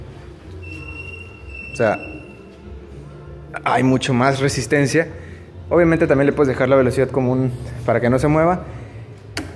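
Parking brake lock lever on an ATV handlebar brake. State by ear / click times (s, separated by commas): released / 9.4 s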